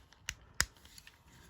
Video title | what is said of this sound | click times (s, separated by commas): Transformers Shattered Glass Blaster Review (featuring Legacy Blaster) | and you'll hear a snap | 0.6 s